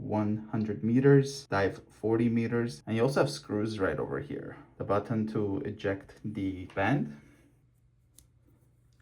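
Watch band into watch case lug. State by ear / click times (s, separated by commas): seated / 8.2 s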